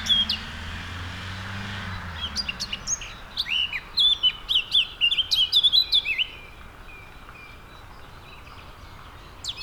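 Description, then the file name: Eurasian blackcap song: a quiet start, then a loud run of clear fluting whistles and quick notes for a few seconds before falling silent, with low rumbling noise early on. "Sylvia atricapilla"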